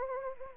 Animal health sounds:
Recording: mosquito wingbeat signal from an infrared sensor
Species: Anopheles arabiensis

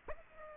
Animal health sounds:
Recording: mosquito wingbeat signal from an infrared sensor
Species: Aedes aegypti

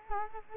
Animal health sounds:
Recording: mosquito wingbeat signal from an infrared sensor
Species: Culex quinquefasciatus

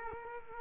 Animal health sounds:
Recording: mosquito wingbeat signal from an infrared sensor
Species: Culex quinquefasciatus

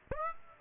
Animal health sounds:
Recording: mosquito wingbeat signal from an infrared sensor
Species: Aedes aegypti

